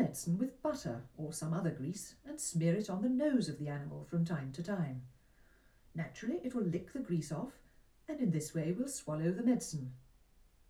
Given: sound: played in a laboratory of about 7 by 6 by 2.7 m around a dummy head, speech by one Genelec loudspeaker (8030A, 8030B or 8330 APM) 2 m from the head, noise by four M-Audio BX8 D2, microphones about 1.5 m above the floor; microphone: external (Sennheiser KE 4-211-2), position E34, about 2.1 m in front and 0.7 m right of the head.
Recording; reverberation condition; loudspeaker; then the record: female speech in English; low; 150 degrees to the right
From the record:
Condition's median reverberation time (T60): about 310 ms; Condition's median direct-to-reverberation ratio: about 3.5 dB